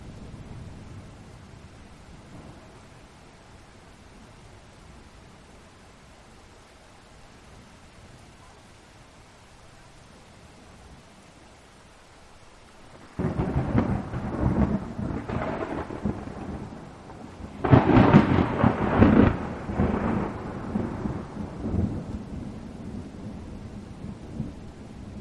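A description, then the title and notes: Rain falls as a soft, steady hiss for the first thirteen seconds. Then thunder breaks in abruptly, rolling and rumbling in heavy waves that peak around eighteen to twenty seconds before easing into a lower, lingering growl under the rain. Filled with relaxing thunder and rain sounds.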